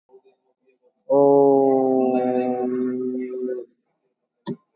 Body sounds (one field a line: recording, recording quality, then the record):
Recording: sustained vowel as in boot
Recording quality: excellent, no background noise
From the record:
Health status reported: COVID-19 positive, moderate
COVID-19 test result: positive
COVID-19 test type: RT-PCR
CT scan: not taken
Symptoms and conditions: cough, diarrhoea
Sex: male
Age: 24 years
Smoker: no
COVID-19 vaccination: none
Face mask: not worn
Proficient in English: yes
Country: India